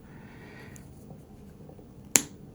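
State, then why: Seated. A plastic clip is slid up onto the back of a wireless lavalier mic body until it locks. After quiet handling sounds and a few faint ticks, one sharp, bright snap at 2.2 s marks the clip seating in place.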